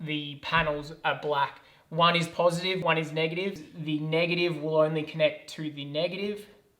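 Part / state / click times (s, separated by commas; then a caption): negative MC4 panel cable connector into MC4 branch connector / not seated / none. A negative MC4 panel cable connector is handled near the matching negative MC4 branch connector while someone talks steadily throughout. Nothing has seated or clicked yet; the clip ends just before the connector goes home.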